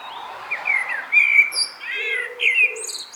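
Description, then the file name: Common blackbird song: mellow warbled phrases sliding between middle pitches, broken by short high squeaky notes, with faint low humming notes beneath. "Turdus merula"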